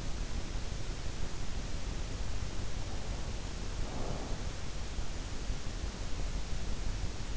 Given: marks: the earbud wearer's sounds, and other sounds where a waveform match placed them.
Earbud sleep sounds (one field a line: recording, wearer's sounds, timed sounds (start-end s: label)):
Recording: sounds in sleep by an in-ear microphone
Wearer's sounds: breath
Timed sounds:
2.78-4.54 s: breath